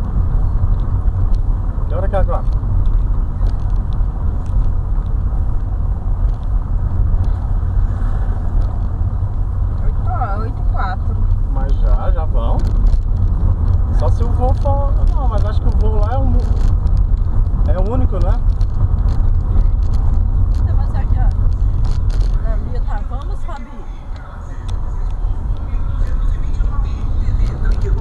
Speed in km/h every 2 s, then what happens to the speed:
37, 36, 36, 35, 34, 31, 32, 33, 33, 34, 27, 13, 14, 22.
0-19 steady at about 34. 19-22 brakes to 13. 22-28 speeds up to 22.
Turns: none.